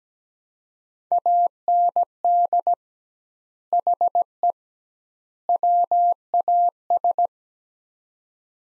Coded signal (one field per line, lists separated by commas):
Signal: Morse code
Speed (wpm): 17 wpm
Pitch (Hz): 700 Hz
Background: none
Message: AND HE WAS